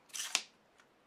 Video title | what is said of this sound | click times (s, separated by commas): LS Photo Pro Studio Lighting Unboxing | and then locks in place then this thing | 0.4 s